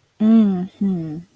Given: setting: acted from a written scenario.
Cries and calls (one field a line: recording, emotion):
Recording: vocal sound without words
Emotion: desire